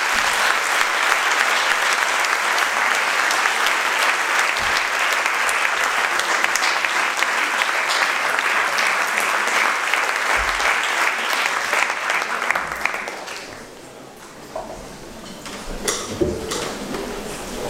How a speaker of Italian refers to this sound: Quindi vi invito a fare un grande applauso